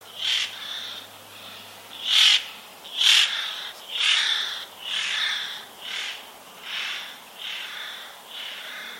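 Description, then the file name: Eurasian jay giving harsh, rasping screeches, about one per second, loudest a few seconds in, then gradually softening. "Garrulus glandarius"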